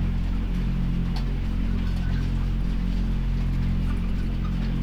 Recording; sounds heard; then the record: poultry house recording; healthy chickens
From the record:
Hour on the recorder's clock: 20